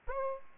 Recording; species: mosquito wingbeat signal from an infrared sensor; Aedes aegypti